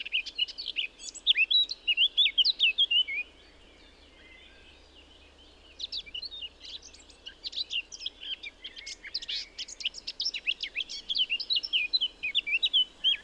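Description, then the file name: Eurasian blackcap singing two phrases of fast, varied warbling with sweet whistled notes, separated by a pause of about three seconds. "Sylvia atricapilla"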